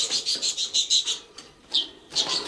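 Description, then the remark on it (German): A small pet bird in a cage chirps in a quick run of high, bright tweets, pauses briefly, then resumes with a few more clear chirps. No voices are heard. “Du sag einmal, ist das ja wirklich dein Vogel?”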